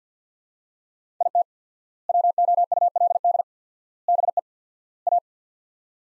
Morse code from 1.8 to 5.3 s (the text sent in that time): WOULD BE A